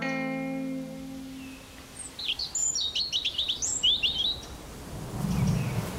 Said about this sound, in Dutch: Kijk, een roodborstje. Ja, lief, hè? Die zit de hele dag om me heen.